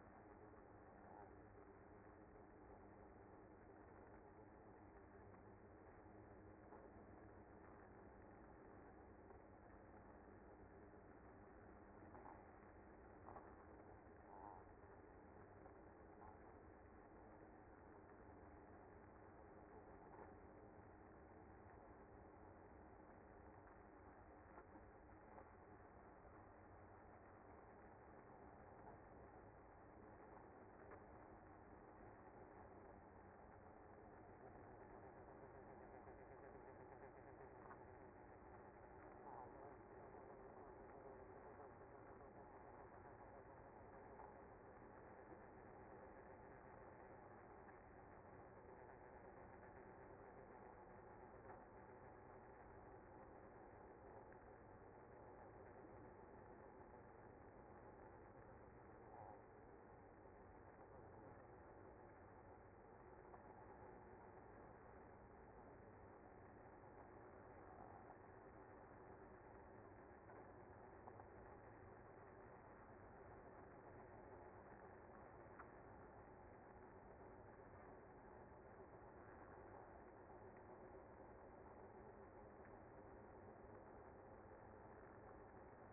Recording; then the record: honeybee colony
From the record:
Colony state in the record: active